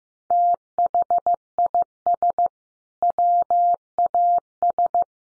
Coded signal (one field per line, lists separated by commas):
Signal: Morse code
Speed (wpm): 15 wpm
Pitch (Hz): 700 Hz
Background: none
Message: THIS WAS